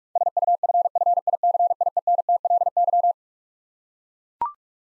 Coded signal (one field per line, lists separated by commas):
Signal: Morse code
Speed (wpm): 43 wpm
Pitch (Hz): 700 Hz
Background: none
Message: SUFFICIENTLY